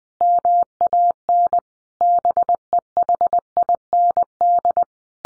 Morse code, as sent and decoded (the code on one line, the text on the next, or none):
-- .- -. / -... . .... .. -. -..
MAN BEHIND